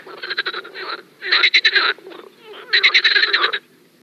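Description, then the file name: Marsh frog calling in three bursts of rapid, rattling, quacking croaks, with short pauses between. "Skokan skrehotavy"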